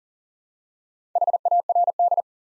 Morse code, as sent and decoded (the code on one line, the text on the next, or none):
.... .- .-. -..
HARD